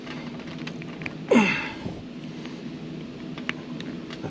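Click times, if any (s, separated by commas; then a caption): none. A plastic piece of an action-figure display base is pressed onto its peg, giving a brief rustling scrape around 1.3 s and a few faint light ticks over a low steady background hum. The piece does not snap on, and nothing has seated or clicked yet.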